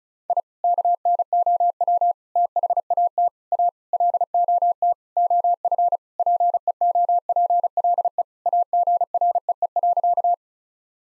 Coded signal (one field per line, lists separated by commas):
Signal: Morse code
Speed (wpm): 34 wpm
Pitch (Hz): 700 Hz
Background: none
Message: I KNOW THAT A LOT OF PEOPLE AGREE.